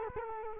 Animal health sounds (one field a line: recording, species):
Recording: mosquito wingbeat signal from an infrared sensor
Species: Culex quinquefasciatus